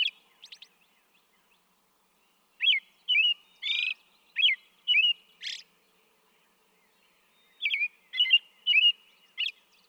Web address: songs American Robin